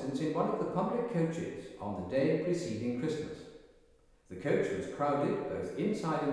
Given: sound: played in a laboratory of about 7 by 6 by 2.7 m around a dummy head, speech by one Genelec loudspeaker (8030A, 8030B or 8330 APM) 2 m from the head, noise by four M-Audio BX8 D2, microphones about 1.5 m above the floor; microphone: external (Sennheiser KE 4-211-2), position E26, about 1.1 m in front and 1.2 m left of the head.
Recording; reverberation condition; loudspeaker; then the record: male speech in English; high; in front (0 degrees)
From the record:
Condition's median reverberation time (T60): about 1300 ms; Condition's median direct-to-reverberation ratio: about -4.0 dB